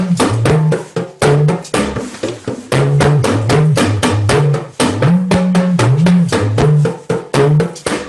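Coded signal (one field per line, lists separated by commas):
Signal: talking drum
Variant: Yoruba dùndún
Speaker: that simply means welcome everybody we have been expecting every single uh one of you and did you arrive safely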